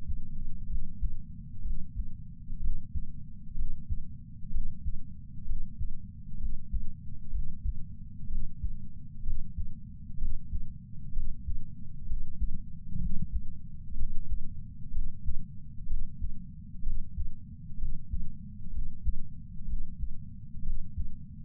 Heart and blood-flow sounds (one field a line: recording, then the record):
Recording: heart sounds by patch sensor on the chest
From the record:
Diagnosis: coronary artery disease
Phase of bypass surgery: intraoperative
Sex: male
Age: 69 years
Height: 165 cm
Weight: 60 kg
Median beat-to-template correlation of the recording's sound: 0.76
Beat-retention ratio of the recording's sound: 0.99